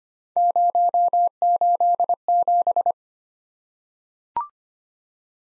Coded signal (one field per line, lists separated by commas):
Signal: Morse code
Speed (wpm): 25 wpm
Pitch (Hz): 700 Hz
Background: none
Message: 087